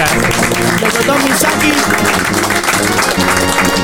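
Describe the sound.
A crowd applauds loudly and steadily for a few seconds, the dense clapping holding an even level throughout, with voices and tonal sound mixed in beneath it.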